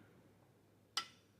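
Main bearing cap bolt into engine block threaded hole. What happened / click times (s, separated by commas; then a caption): The bolt thread dropped into the first thread of the hole / 1.0 s. A main bearing cap bolt on a Honda D16A6 engine block is turned backwards by hand in its threaded hole. After a quiet stretch, a single short, bright click sounds at 0.97 s as the bolt's thread drops into the first thread. The bolt is seated and locked into the first thread.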